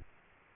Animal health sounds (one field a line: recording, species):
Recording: mosquito wingbeat signal from an infrared sensor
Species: Aedes aegypti